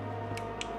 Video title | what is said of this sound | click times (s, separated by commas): Montagem Completa e Detalhada PC GAMER (R$ 8.000 Mil Reais ) com Ryzen 7 e NVIDIA RTX - Rodar TUDO! | Ó lá. Encaixou, fez o clequezinho, foi até o final, não tá sobrando nenhuma | 0.6 s